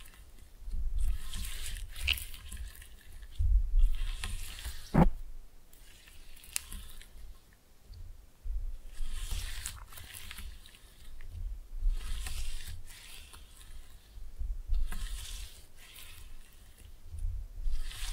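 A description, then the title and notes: Slime being played with makes wet, squishy bursts in uneven waves, with a sharp snap near five seconds and soft low rumbling between. ASMR Fun with Slime No Talking.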